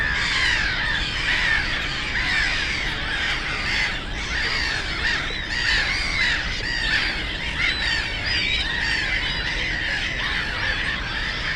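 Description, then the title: Black-headed gulls, a loud unbroken mass of scratchy, arching calls from many birds, layered over traffic noise. Post-coal-mining area turned nature complex, Frog Ponds (Żabie Doły), Bytom, Poland; ponds full of birds, black-headed gulls loudest; nearby DK79 road and railway noise; recorded with Zoom F4 and AT BP4025. "Żabie Doły, Bytom, Polska - Black-headed gulls at Frog Ponds complex"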